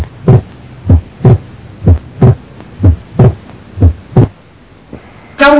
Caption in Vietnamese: Tiếng thứ hai tách đôi cố định, không thay đổi theo hô hấp, nghe rõ ở ổ van động mạch phổi là dấu hiệu nghe quan trọng trong chẩn đoán thông liên nhĩ.